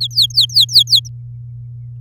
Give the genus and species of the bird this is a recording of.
Serinus canaria